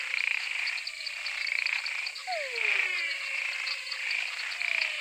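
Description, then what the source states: Frog chorus of high pulsing trills, with a single descending whistled swoop near the middle. Frog chorus recorded in Mato Grosso.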